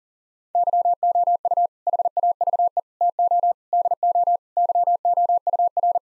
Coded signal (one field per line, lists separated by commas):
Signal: Morse code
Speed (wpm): 40 wpm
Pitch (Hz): 700 Hz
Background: none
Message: YOU HAVE TO DO YOUR